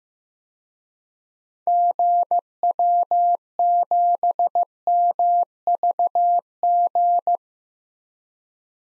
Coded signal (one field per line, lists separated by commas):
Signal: Morse code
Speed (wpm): 15 wpm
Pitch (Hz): 700 Hz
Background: none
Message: GW7MVG